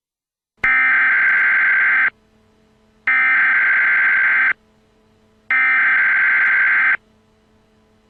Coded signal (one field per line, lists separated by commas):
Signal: Emergency Alert System (SAME) tones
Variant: header bursts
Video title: EAS tornado warning for broward county FL.